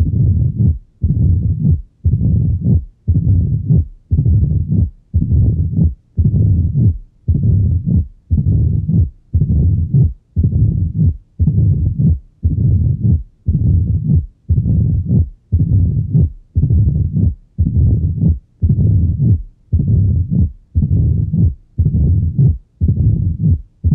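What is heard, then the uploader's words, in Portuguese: A mitral stenosis heart recording: a low, rumbling murmur fills each beat, with regular heartbeats roughly every second and brief silences between them. Som de Estenose Mitral. A estenose mitral, classicamente causa um sopro diastólico tipo ruflar , que, na presença de ritmo sinusal vem acompanhado de um reforço pré-sistólico (pelo aumento do fluxo transmitral durante a contração atrial).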